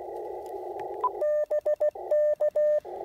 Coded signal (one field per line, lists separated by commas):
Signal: Morse code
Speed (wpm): 16 wpm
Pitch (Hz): 600 Hz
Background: radio noise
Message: BK